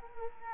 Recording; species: mosquito wingbeat signal from an infrared sensor; Culex quinquefasciatus